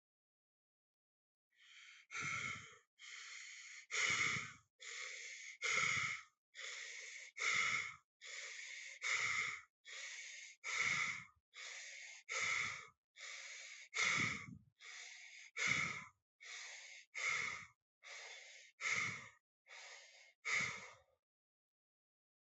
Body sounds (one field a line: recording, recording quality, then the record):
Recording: shallow breathing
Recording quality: excellent, no background noise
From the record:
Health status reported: healthy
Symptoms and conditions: cold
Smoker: not ticked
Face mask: not worn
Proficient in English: yes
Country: India